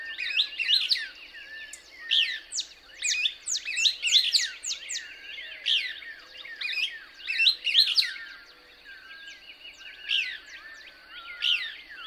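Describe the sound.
Couch's Kingbird song: bursts of sharp, high twittering notes with steep downward sweeps and a brief pause late on, over a steady high hum and soft low whistles.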